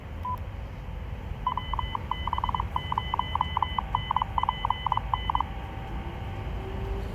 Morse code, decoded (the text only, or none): WB0NPN